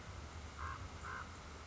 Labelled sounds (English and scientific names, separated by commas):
Common Raven (Corvus corax)